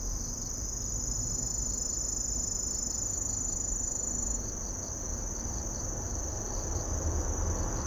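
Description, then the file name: Grass lark cricket song, an unbroken shrill trill at a steady pitch, with a second fainter trill and a low rumble beneath. "kusahibari"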